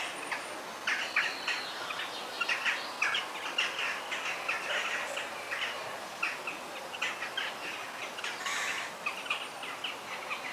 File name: ASMR Sounds of the Forest - Soothing Bird Sounds